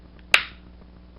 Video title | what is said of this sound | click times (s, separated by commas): RotF Leader-class Autobot Jetfire (transformation) - CollectionDX | Yeah, see, that was a very satisfying snap right now. | 0.3 s